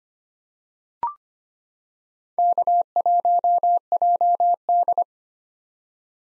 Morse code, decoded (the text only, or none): K1JD